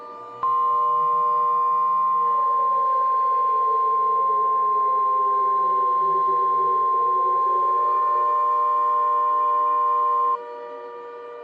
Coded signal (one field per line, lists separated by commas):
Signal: Emergency Alert System (SAME) tones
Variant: 1050 Hz attention tone